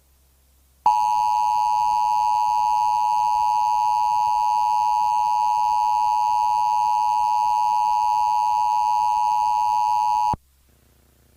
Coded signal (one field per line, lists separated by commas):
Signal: Emergency Alert System (SAME) tones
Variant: 853 and 960 Hz attention tone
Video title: Bongo TV EAS Alarm Test (12/16/2025)